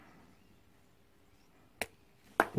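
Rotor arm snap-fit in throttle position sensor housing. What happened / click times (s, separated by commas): The plastic snap-fit arm popped free of its housing / 2.4 s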